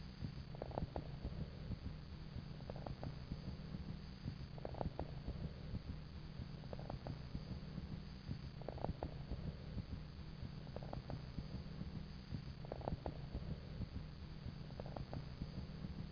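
Brief popping clicks come in clusters with each breath, about 15 breaths a minute, over a steady low hum. These are lung crackles heard on auscultation of an adult chest, discontinuous sounds from small airways snapping open or fluid in the airways.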